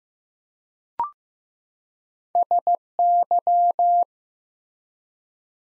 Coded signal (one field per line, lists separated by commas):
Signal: Morse code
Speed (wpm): 15 wpm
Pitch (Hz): 700 Hz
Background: none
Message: SY